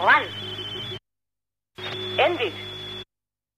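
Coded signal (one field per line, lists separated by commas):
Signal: numbers station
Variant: NNN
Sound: two short clipped spoken words over hiss and a faint steady high whine, separated by silence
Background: radio static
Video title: The Conet Project 311 - NNN Old Incarnation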